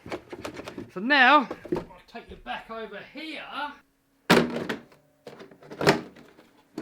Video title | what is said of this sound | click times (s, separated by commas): Wrapping my RC Car - Did it work? | see that this doesn't latch down. It doesn't go down far enough. | none